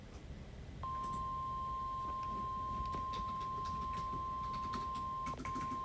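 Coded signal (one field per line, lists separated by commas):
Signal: Emergency Alert System (SAME) tones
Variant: 1050 Hz attention tone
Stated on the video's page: Real Hurricane Milton alerts, including hurricane and tornado warnings.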